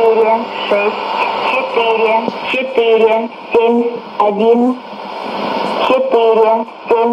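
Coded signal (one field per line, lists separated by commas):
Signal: numbers station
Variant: S06s Russian Lady, Russian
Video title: 19 04 2017 Numbers station S06s Russian Lady in Russian to Eu 0830 on 9082, 9255, 11530 unknown tx s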